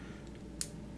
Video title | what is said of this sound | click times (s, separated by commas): More Magazine Capacity: Trying out Strike Industries and Shield Arms | make sure it clicks in | 0.6 s